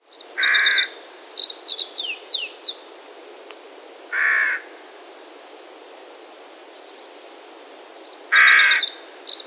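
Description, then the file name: Carrion Crow cawing three times, each a harsh rasping note spaced about four seconds apart, with thin high twittering from small birds between the first two caws. "Corvus corone"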